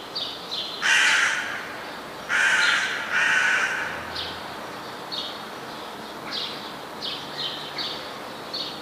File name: gawron